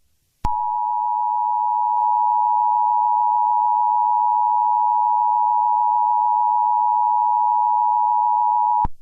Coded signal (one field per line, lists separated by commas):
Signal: Emergency Alert System (SAME) tones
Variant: 853 and 960 Hz attention tone